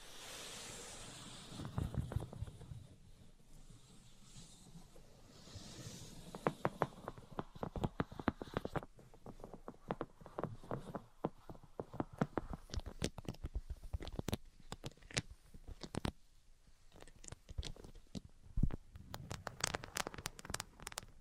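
Tapping, scratching and tracing sounds, starting with soft rubbing and scraping for the first several seconds. From about seven seconds on, sharp taps come thick and irregular, sometimes in quick clusters, with a low rumbling scrape returning near the end.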